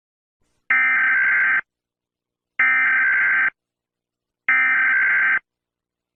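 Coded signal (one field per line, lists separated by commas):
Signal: Emergency Alert System (SAME) tones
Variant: header bursts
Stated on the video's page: Fictional EAS scenario.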